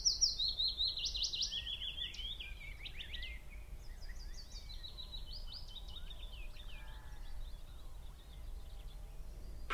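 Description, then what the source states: Birdsong: high, rapid twittering and trilled phrases from one or more birds, repeated throughout over a steady low machine rumble. Spring birds singing, recorded with machine noise in the background.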